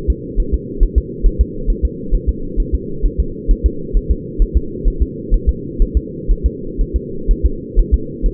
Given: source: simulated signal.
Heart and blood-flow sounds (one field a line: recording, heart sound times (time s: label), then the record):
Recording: fetal heart sounds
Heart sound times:
0.10 s: S2
0.40 s: S1
0.54 s: S2
0.83 s: S1
0.98 s: S2
1.26 s: S1
1.41 s: S2
1.70 s: S1
1.85 s: S2
2.15 s: S1
2.29 s: S2
2.60 s: S1
2.75 s: S2
3.06 s: S1
3.20 s: S2
3.51 s: S1
3.66 s: S2
3.97 s: S1
4.11 s: S2
4.42 s: S1
4.57 s: S2
4.88 s: S1
5.02 s: S2
5.34 s: S1
5.49 s: S2
5.82 s: S1
5.97 s: S2
6.31 s: S1
6.46 s: S2
6.81 s: S1
6.96 s: S2
7.31 s: S1
7.46 s: S2
7.79 s: S1
7.94 s: S2
8.26 s: S1
From the record:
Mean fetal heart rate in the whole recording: 130 bpm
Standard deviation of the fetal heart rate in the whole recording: 4 bpm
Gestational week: 38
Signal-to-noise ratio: -4.3 dB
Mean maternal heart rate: 72 bpm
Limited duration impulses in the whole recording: absent